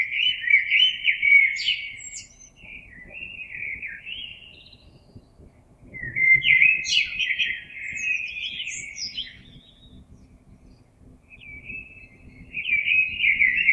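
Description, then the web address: Common blackbird song: a mellow phrase, a pause, then a longer fluty phrase with high chattering notes, and a third beginning at the end. Recorded 26 April 2022. "oiseaux Merle 2022 04 26"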